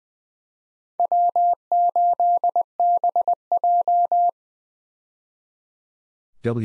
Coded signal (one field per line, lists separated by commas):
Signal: Morse code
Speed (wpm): 20 wpm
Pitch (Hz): 700 Hz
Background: none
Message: W8BJ